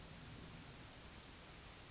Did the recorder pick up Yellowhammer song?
no